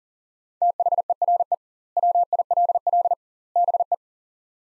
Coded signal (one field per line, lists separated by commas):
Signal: Morse code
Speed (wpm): 40 wpm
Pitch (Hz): 700 Hz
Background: none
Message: THERE WILL BE